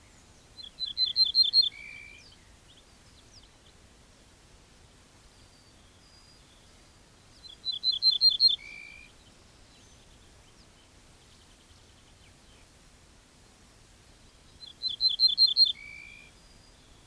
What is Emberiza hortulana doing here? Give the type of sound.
song